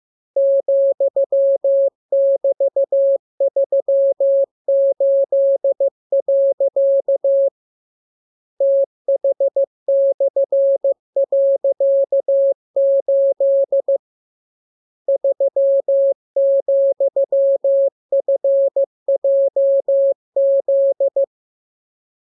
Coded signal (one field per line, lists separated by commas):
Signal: Morse code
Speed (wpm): 15 wpm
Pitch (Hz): 550 Hz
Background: none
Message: ,<BT>38. TH/.8 3,FJZ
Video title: Learning Morse Code. Lesson 38. Letter KMURESNAPTLWI.JZ=FOY,VG5/Q92H38B?47C1D6